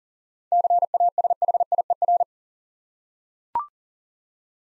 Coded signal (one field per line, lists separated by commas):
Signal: Morse code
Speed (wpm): 40 wpm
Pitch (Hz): 700 Hz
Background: none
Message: CASHIER